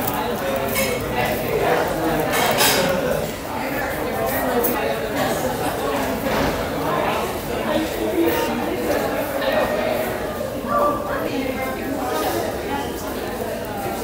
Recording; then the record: background sound without coughing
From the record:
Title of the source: 40 min - Ambience sounds UNIVERSITY lunchroom chatting